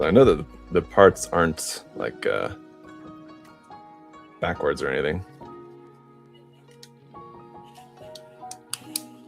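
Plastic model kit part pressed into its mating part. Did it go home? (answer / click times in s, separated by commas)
yes / 8.7 s, 9.0 s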